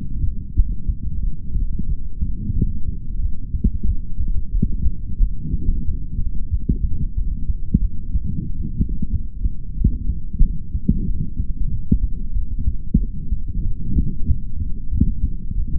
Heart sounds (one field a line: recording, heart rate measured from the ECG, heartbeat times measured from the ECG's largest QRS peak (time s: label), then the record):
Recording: heart sounds by stethoscope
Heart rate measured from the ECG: 92 bpm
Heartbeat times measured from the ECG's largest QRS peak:
0.55 s: heartbeat
1.21 s: heartbeat
1.87 s: heartbeat
2.54 s: heartbeat
3.20 s: heartbeat
3.86 s: heartbeat
4.52 s: heartbeat
5.19 s: heartbeat
5.85 s: heartbeat
6.50 s: heartbeat
7.15 s: heartbeat
7.81 s: heartbeat
8.46 s: heartbeat
9.11 s: heartbeat
9.76 s: heartbeat
10.41 s: heartbeat
11.06 s: heartbeat
11.70 s: heartbeat
12.34 s: heartbeat
12.98 s: heartbeat
13.63 s: heartbeat
14.27 s: heartbeat
14.90 s: heartbeat
15.54 s: heartbeat
From the record:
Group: healthy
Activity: light exercise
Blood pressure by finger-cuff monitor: 126/64 mmHg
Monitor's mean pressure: 84 mmHg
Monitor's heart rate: 91 bpm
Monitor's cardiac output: 5.3 L/min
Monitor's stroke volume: 58 mL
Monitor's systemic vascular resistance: 1150 dyn s/cm5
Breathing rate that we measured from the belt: 21 breaths a minute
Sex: male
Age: 55 years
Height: 167 cm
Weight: 57.2 kg